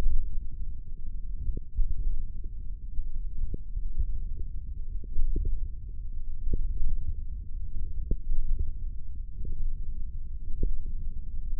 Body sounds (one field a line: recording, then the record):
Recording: forearm muscle sounds (acoustic myography)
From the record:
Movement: hook grip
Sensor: system 1, eight BSWA MPA416 microphones around the upper forearm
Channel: 6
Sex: male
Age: 20 years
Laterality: left